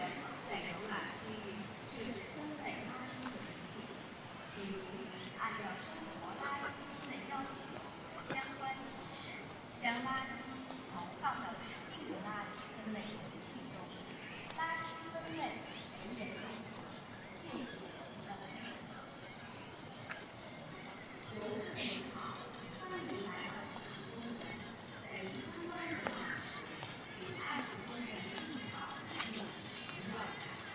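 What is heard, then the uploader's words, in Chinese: Recorded at Ditan in Beijing: a steady bed of many overlapping voices talking, with no single speaker standing out for long. Short bright clinks and knocks pop up now and then, clustered near ten, fifteen and twenty-six seconds, over a faint low rumble. 城市声音。北京地坛。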